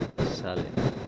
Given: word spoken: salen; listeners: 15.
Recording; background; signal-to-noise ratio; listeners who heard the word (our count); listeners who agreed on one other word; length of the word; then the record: one Spanish word in noise, from a listening test; noise modulated by one talker; -8.0 dB; 0 of 15; 14 of 15; 0.68 s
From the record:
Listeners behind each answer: 14, 1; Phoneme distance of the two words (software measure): 7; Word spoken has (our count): 2 syllables, 5 phonemes, stress on syllable 1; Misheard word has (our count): 2 syllables, 4 phonemes, stress on syllable 1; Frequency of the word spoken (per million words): 30.32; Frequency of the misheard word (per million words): 74.37